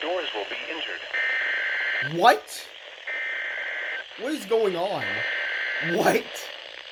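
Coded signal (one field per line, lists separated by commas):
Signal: Emergency Alert System (SAME) tones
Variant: header bursts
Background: speech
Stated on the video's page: EAS severe thunderstorm warning from Memphis, with an error in the issued alert.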